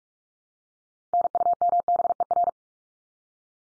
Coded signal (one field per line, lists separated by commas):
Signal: Morse code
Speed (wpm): 44 wpm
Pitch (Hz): 700 Hz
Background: none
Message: NUMBER